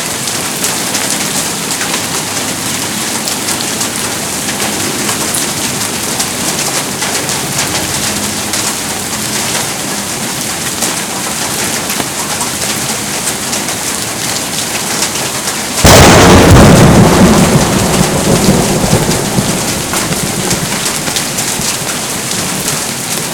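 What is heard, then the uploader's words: Steady, dense rain hisses and patters throughout, bright. Around sixteen seconds a loud, deep crack of thunder breaks in and rolls on for several seconds, slowly fading back beneath the constant downpour. Rain (With Heavy Thunder) || 3D Surround Sound.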